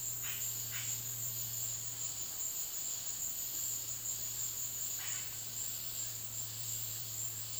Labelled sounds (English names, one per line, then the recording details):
Yellow-rumped Cacique
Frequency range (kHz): Yellow-rumped Cacique 0.3-5.8 kHz
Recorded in dense forest near Puerto Asís, Putumayo, Colombia, on 20 February 2024 at 14:00
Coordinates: 0.502, -76.326
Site G6460